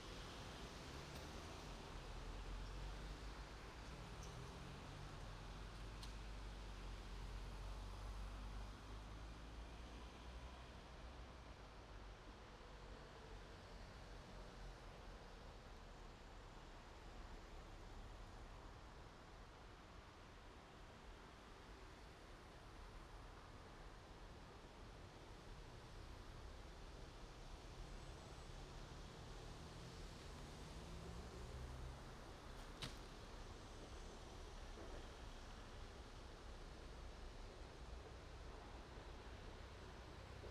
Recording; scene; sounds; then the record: everyday scene through a hearing-aid microphone; in traffic; traffic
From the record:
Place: main road on the outskirts, rush hour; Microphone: in the ear canal, right